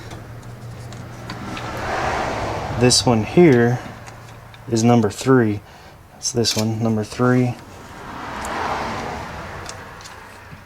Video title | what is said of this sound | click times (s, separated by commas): Project Cheap Jeep EP2 - 2.5L Distributor, Coil, Wires, Plugs | Make sure that it clicks into place. Just like that. | 9.7 s